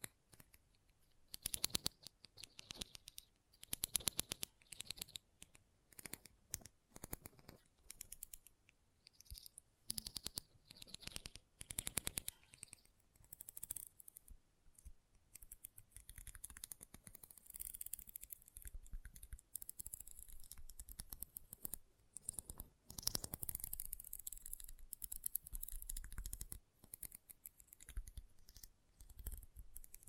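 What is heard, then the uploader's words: Intense magnetic tingles: rapid, dense clicking and scratching taps that crackle across the whole range, bright and crisp. The bursts come in irregular clusters throughout, with brief quieter gaps around eight and fourteen seconds, and the busiest stretch near twenty-two seconds. ASMR Intense Magnetic Tingles (No Talking).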